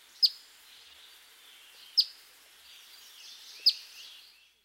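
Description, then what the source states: Eastern Phoebe call notes: three short, sharp, flat chips spaced nearly two seconds apart over a faint background hiss. Male giving a series of flat call notes.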